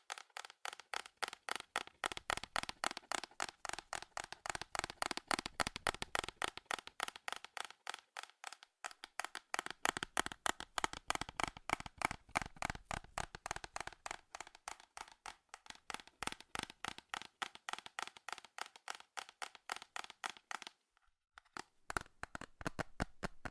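Fast, furious tapping on metal, a dense stream of sharp, bright clicks running almost without pause. The strikes come in quick bursts with slight shifts in pace, then briefly thin out around twenty seconds before resuming at full speed.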